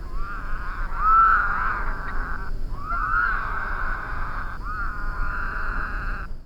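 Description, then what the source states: Woodhouse's toad chorus: long, droning buzzy calls, some opening with a quick upward slur, with brief lulls between, over low background noise. Several toads calling in a chorus.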